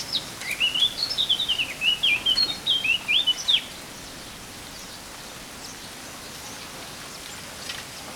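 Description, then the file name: Eurasian blackcap song: a brisk three-and-a-half-second phrase of tumbling whistled and twittering notes, followed by near silence with soft background hiss. "Sylvia atricapilla"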